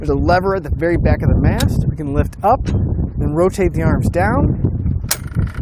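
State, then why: Seated. Someone talks while lifting a lever at the very back of the mast of a Thule hitch-mounted hanging bike rack on a 2019 Toyota Highlander and rotating the metal bike-carrying arms down. At 5.1 s the folding arms lock into place against the mast with a sharp click, followed by a few quick ratchet-like ticks. The arms are seated in the folded position.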